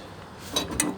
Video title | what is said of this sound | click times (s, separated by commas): 2021 Jay Feather Select 30QB (0108) | we're going to snap right into the door frame right here so they rest on the door frame then your door closes over top of it | 0.8 s